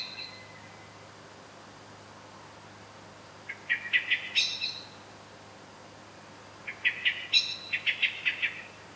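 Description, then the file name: Common blackbird calls in two bursts of rapid, clucking chattering notes, each lasting a second or more, separated by a quiet pause with steady low background hum. "Turdus merula"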